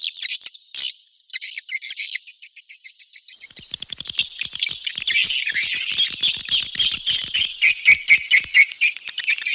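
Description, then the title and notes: Swiftlet calls: rapid, high-pitched chirps, growing into a denser, louder continuous chatter after about four seconds, with clicking pulses. Swiftlet call sound used for swiftlet farming in Asia. "Swiflet Bird Sound. Farming Swiflet Bird asia sound"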